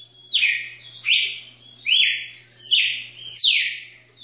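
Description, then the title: Red-cowled cardinal giving five full, slurred whistled notes, some rising and some falling, with a faint hum behind. "Galo de Campina"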